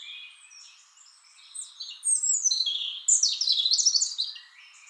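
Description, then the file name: European robin song: soft, thin high notes at first, then a louder, rich tumble of whistles and quick trills. "Erithacus rubecula"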